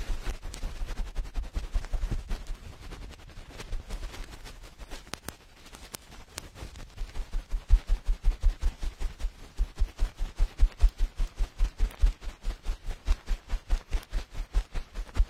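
A cotton swab cleans dirt out of the ear, making rapid scratchy rubbing with deep muffled thumps. The strokes are quick and dense at first, ease off briefly around five seconds, then return as steady, regular pulses, several each second, to the end.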